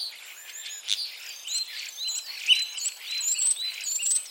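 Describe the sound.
Common starling notes, fairly soft: scattered clicks, short whistles and a bright chirp near the middle, against faint background hiss.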